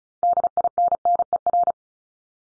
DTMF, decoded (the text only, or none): none